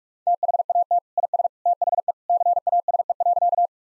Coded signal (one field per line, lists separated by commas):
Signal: Morse code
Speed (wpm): 46 wpm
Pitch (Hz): 700 Hz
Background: none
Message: THAT IS THE CASE.